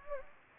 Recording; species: mosquito wingbeat signal from an infrared sensor; Anopheles gambiae